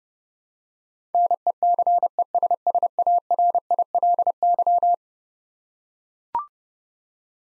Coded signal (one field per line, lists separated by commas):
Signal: Morse code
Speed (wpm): 29 wpm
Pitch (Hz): 700 Hz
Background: none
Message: NECESSARILY